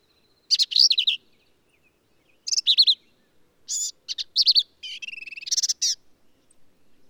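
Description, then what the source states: Black-capped vireo song: clipped, high, slurred phrases repeated roughly every second or two, some harsh and buzzy. Male singing in the Texas hill country near Hunt, Texas, USA; endangered species; varies phrases, truncating, embellishing or running several together; all recordings from one individual.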